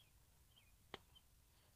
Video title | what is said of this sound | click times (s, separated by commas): IBrightstar brilliant red rear LED replace and review on 2019 Harley Davidson Freewheeler. | just clicked right in | 0.9 s